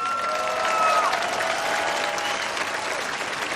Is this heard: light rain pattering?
no